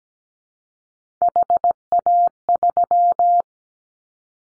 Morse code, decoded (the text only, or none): HA3